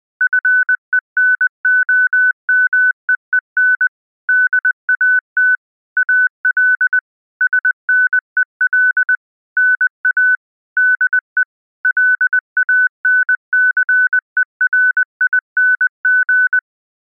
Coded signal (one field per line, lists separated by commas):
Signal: Morse code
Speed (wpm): 20 wpm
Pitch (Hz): 1500 Hz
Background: none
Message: FENOMEEN DAT AL SNEL NA DE LANCERING